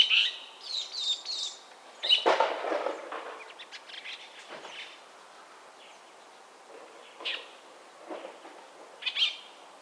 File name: Sturnus philippensis